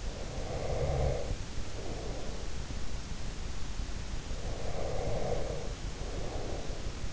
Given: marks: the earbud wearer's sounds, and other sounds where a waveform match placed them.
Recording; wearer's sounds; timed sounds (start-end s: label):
sounds in sleep by an in-ear microphone; breath
0.11-2.80 s: breath
4.45-7.13 s: breath